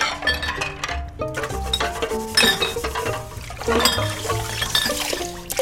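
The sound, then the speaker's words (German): Glasses and bottles clink and knock together while being gathered up during tidying, with empty bottles going into a bucket: a busy, continuous clatter, with sharp bright taps scattered over a low rumble and some sloshing, watery movement. “Bringen Sie mir mal alle Gläser. Die leeren Flaschen in den Eimer.”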